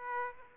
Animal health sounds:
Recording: mosquito wingbeat signal from an infrared sensor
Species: Aedes aegypti

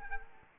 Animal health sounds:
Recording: mosquito wingbeat signal from an infrared sensor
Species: Culex quinquefasciatus

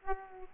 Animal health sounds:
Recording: mosquito wingbeat signal from an infrared sensor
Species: Aedes aegypti

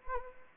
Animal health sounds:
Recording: mosquito wingbeat signal from an infrared sensor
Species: Anopheles arabiensis

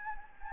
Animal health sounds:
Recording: mosquito wingbeat signal from an infrared sensor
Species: Anopheles gambiae

